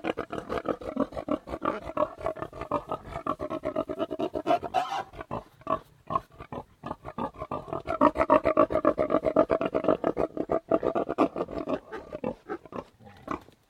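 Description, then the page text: Tamworth pigs grunting fast and raspily in dense rhythmic runs with short pauses. Three pigs, Tamworth breed, outdoors grunting in a yard; some wind noise; close perspective recording. "Three Tamworth Pigs, exterior, grunting in yard, some wind noise"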